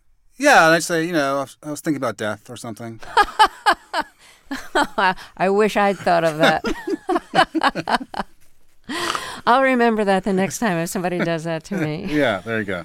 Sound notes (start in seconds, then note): 3.0 laughter; 5.7 laughter